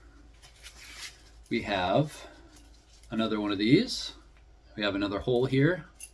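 A rear QD sling swivel is handled at a second QD hole at the back of an AR-15 rifle while someone talks, with faint handling sounds between the words. Nothing has seated or clicked yet.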